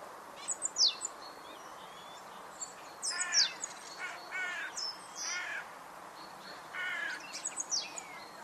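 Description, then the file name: Great tit calls: thin, high descending notes followed by short buzzy, churring bursts, in loose groups throughout over a steady background hiss. "Parus major"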